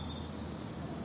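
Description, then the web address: Crickets giving an unbroken, shrill, high chirping trill. At night. "the sound pack tree. night crickets and birds"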